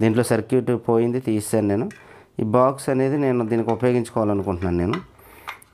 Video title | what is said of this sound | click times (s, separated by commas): How to make MP3 player - usb port & blue tooth panel working with old mobile charger - in Telugu | ఇది ఇలాగ చేసిన ఇలాగ దీంట్లో పెట్టి ఇలా చేస్తే ఇది లాక్ అయిపోతుంది ఆల్రెడీ | 5.5 s